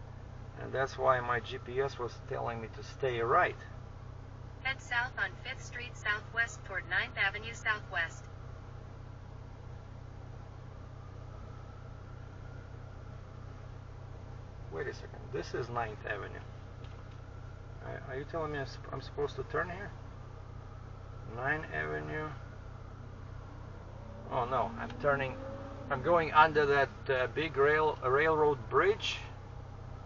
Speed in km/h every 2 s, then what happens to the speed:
0, 0, 0, 0, 0, 0, 0, 0, 0, 0, 0, 0, 0, 0, 0.
0-30 standing.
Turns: none.